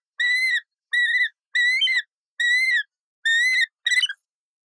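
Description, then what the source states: Yellow-billed kite giving six clear, harmonically rich whistled notes, each short and slightly wavering, spaced under a second apart, with silence between. Yellow-billed kite chirp.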